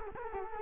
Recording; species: mosquito wingbeat signal from an infrared sensor; Culex quinquefasciatus